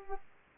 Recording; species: mosquito wingbeat signal from an infrared sensor; Culex pipiens